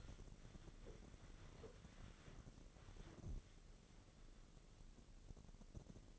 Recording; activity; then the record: daily activity, microphone in the room; wipe stove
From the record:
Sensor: 4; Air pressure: 1013.2 hPa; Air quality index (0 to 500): 178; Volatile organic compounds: 2 ppm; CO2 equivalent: 1122 ppm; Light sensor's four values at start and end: 95/240/99/105 and 95/240/99/105